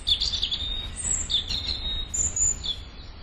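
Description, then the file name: European robin song, a run of thin high whistled notes and quick trills in short phrases with small pauses. "Erithacus rubecula"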